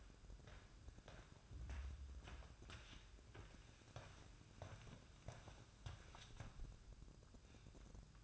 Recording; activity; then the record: daily activity, microphone in the room; walk to room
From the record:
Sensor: 2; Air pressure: 1008.1 hPa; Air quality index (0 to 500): 117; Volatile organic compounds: 1 ppm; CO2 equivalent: 870 ppm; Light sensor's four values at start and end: 8/19/8/8 and 5/12/5/5